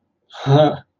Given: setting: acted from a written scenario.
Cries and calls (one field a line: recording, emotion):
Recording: vocal sound without words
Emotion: amusement